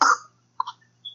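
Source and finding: Adult. Cough.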